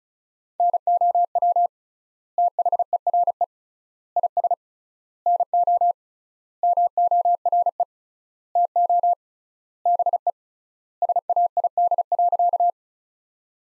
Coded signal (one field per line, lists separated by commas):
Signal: Morse code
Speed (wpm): 36 wpm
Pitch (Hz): 700 Hz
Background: none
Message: NOW THERE IS NO MORE TO BE SAID.